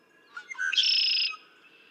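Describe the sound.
Red-winged blackbird song: a few short introductory notes followed by a loud, buzzy, harsh trill lasting about half a second, then quiet.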